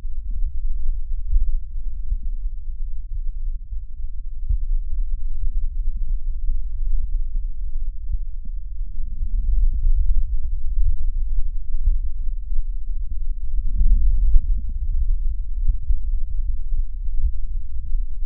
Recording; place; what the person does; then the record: lung sounds by stethoscope; right posterior basal chest; quiet breathing, then deep breathing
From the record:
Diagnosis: interstitial lung disease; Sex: male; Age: 75 years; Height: 167 cm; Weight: 68 kg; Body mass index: 24.4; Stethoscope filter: bell mode